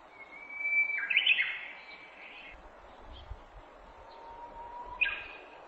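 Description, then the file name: Japanese bush warbler gives a long whistle with a rich slurred ending, then a quiet low whistle and a short bright phrase; faint low rumbling between songs. Recorded 18 April 2008. "uguisu 080418"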